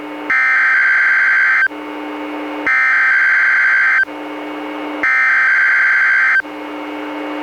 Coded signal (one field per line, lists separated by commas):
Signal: Emergency Alert System (SAME) tones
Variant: header bursts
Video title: EAS #181-182: 2 NWR Required Weekly Tests- July 12-19, 2017